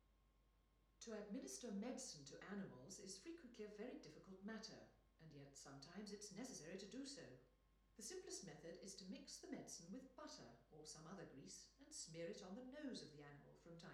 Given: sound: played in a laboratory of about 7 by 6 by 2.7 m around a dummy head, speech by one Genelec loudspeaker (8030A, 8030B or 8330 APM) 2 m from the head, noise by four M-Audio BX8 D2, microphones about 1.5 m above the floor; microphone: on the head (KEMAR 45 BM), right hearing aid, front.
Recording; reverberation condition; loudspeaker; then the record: female speech in English; medium; in front (0 degrees)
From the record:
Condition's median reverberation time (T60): about 510 ms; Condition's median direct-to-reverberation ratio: about -0.5 dB